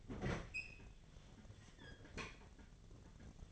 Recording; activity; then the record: daily activity, microphone in the room; open fridge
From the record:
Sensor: 4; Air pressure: 1010.6 hPa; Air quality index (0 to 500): 175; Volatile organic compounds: 5 ppm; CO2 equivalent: 1782 ppm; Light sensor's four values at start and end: 34/99/39/40 and 28/85/33/34